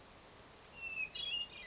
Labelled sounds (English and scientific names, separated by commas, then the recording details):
Hermit Thrush (Catharus guttatus)
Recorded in Sonoma County, California